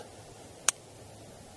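The leg angle ratchet lock at the top casting of an FLM CP30-S4 II carbon fibre tripod is popped, the leg is opened and ratcheted back down. A single sharp, bright tick at 0.7 s rises over a faint steady hiss as the ratchet engages a detent. The leg angle snaps into place and is seated.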